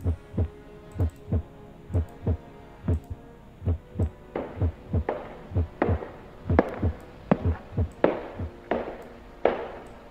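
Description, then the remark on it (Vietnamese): A woman's rapid, pounding heartbeat thumps steadily for the whole stretch, each deep low beat followed by a sharper knock, the rhythm quickening and growing slightly louder toward the end, with no voices. “nhịp tim của Hương lúc này nó đang ra sức, nó đập như chưa từng được đập, đập đến cuống cuồng, đến loạn xạ”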